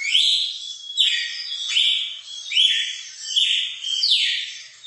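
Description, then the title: Red-cowled cardinal song of whistled, slightly buzzy phrases that drop then hold steady, repeated about every 0.8 seconds. Female song, used to stimulate and excite a male bird. "Canto Galo Campina Fêmea. ESQUENTAR SEU GALO CAMPINA"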